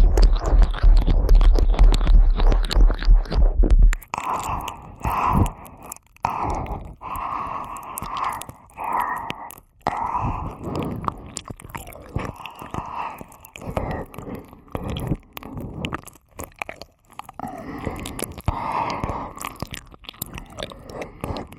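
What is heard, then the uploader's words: Intense ear eating: wet chewing and biting sounds, a dense rumbling start for four seconds, then irregular crunchy, smacking bursts with brief pauses. ASMR Intense Ear Eating.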